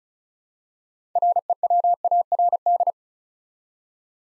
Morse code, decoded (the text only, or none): REWARD